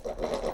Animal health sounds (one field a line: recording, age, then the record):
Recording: pig call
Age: piglet (1 to 25 days)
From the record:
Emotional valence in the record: negative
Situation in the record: crushing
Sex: male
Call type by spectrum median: low-frequency call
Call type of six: low-frequency stable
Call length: 0.54 s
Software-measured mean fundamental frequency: 63 Hz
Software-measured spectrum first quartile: 384 Hz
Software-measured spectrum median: 573 Hz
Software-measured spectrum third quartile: 954 Hz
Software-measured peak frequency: 542 Hz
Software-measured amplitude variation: 206 dB a second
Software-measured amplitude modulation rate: 20.5 a second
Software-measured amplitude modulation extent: 10.0 dB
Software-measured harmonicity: 2.0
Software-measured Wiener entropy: -0.70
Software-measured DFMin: 1165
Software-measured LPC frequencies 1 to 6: 551, 2008, 3487, 4025, 5623, 7564 Hz